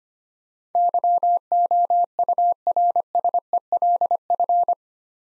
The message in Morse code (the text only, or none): YOURSELF